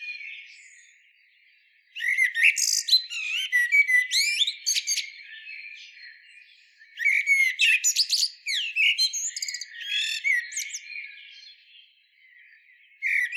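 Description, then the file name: Eurasian blackbird song: two bursts of rapid, high, squeaky twittering phrases mixed with short whistles, separated by a quieter pause of a few seconds. "Turdus merula"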